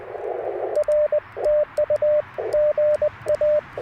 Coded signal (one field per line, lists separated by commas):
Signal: Morse code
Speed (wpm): 20 wpm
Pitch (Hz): 600 Hz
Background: radio noise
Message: RTU GA